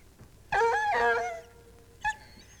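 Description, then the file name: Bloodhound letting out one long, wavering bay followed by a brief short yelp. "Bloodhound Baying"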